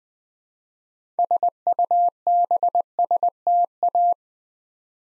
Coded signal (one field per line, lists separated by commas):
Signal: Morse code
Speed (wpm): 20 wpm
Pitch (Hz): 700 Hz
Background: none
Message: SUBSTA